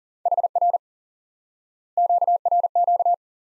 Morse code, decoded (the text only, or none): HR QRQ